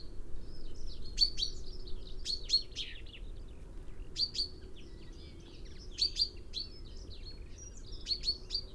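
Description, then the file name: Common chaffinch calls, sharp high notes in twos and threes, heard over a steady background hiss. "Fringilla coelebs"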